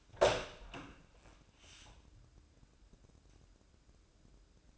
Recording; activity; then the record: daily activity, microphone in the room; open door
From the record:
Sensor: 2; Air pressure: 1012.1 hPa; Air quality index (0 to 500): 157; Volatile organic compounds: 2 ppm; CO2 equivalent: 1150 ppm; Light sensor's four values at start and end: 433/1085/442/467 and 431/1082/440/465